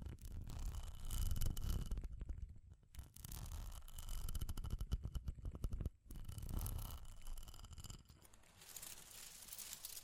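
Fire crackling with dense, irregular pops and snaps, mixed with quick tapping and scratching sounds. A low rumble swells and fades beneath it, and the clicks thin out briefly around two to three seconds and again near six before returning.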